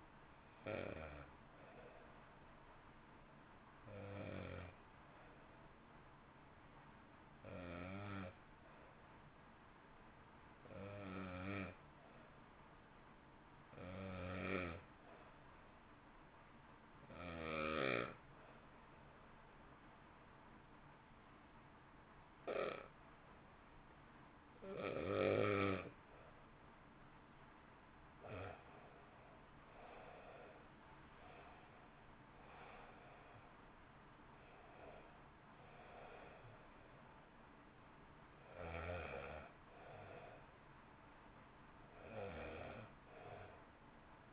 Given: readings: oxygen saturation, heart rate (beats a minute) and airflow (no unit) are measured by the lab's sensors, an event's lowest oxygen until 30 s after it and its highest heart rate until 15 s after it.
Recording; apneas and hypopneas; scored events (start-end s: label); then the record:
breathing in sleep by a voice recorder at the bedside; 1
7.00-28.40 s: hypopnea (N1, oxygen 95% highest, then 86% lowest, heart rate 51 at the start, 64 highest)
From the record:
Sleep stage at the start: N1 (lightest sleep); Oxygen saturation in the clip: 84 to 95%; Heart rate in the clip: 51 to 66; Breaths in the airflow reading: 12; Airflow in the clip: -1.4 to 1.6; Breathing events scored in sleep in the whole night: 328 in 6.3 hours asleep